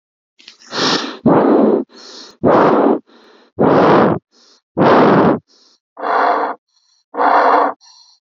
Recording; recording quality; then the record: shallow breathing; excellent, no background noise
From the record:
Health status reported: COVID-19 positive, mild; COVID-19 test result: positive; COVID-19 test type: RT-PCR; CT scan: not taken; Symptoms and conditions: cough, cold, sore throat, fatigue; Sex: male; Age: 26 years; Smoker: no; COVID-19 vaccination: both doses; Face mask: not worn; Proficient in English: yes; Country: India